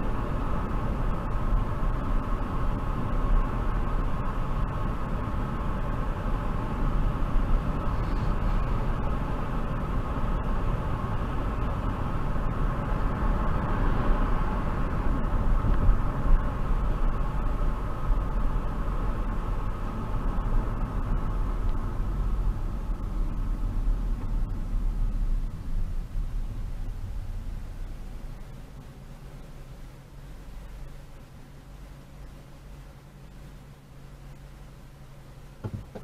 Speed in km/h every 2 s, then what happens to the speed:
53, 53, 53, 53, 53, 53, 53, 53, 47, 45, 37, 27, 16, 6, 0, 0, 0, 0.
0-14 steady at about 53. 14-27 brakes to 0. 27-36 standing.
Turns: none.